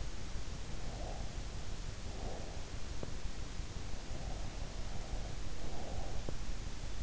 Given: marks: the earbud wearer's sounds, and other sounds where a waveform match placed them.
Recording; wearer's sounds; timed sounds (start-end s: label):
sounds in sleep by an in-ear microphone; breath
0.58-2.72 s: breath
3.89-6.43 s: breath